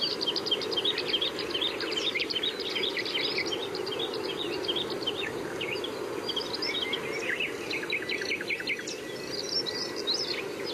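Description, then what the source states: Common Nightingale song: a dense run of short, sharp chirps and whistled notes, varied and rapid, over a steady broad background hiss. Nightingales singing in dunes.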